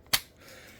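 A beavertail connector is slid onto a pistol chassis so that it braces against the back of the pistol in the beavertail area. A single sharp snap is heard at 0.1 s, followed by faint low background noise. The connector snaps into place and is seated.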